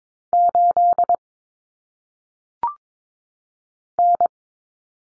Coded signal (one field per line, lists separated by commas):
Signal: Morse code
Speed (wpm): 22 wpm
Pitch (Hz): 700 Hz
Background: none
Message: 8 N